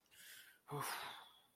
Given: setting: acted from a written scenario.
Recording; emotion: vocal sound without words; anger